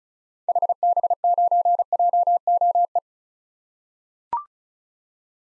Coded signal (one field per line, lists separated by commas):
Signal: Morse code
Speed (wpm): 36 wpm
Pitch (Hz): 700 Hz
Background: none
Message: HB9JOE